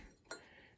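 While a Toyota forklift transmission and differential are being reassembled, a sealed bearing seal, which keeps the differential oil away from the bearing, is set on and pushed into the metal differential housing. A single short metallic clink rings out at 0.3 s over a quiet background as the seal pops into place and seats.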